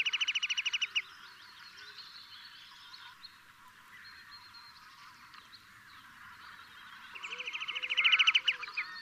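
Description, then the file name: Marsh sandpiper calling, a rapid burst of loud piping notes at the start, a quieter stretch of other bird chatter, then a second fast series near the end. "Dammsnappa"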